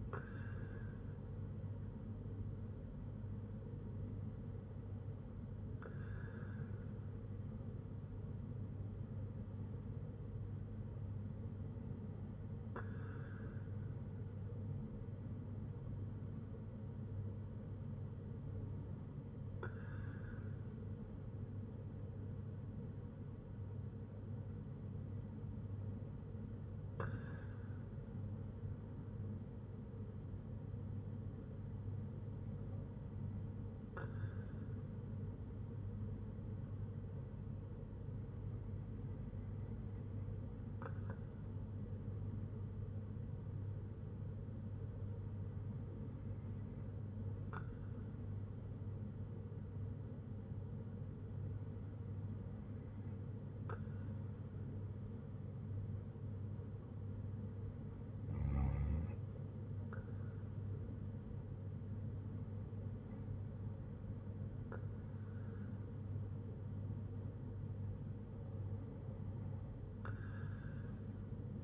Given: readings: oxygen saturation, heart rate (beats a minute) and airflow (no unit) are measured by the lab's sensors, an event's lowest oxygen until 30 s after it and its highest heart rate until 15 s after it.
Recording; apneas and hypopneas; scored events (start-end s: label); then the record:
breathing in sleep by a smartphone at the bedside; none
26.00-71.64 s: new sleep stage, N2 (light sleep)
From the record:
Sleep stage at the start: N1 (lightest sleep); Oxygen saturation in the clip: 94 to 96%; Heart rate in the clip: 58 to 63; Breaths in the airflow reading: 12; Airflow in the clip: -5.1 to 4.8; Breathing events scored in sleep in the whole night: 182 in 7.4 hours asleep